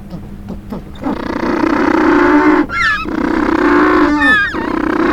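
Penguin calls, a long harsh braying drone after a few quiet clicks, broken by two short pauses filled with quick rising squeals.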